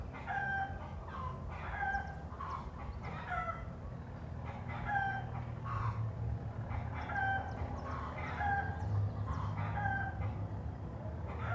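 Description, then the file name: Several chickens cackling in a steady run of short nasal notes, repeated phrases over a persistent low rumble. Hens cackling in the city. "Galinhas cacarejando na cidade"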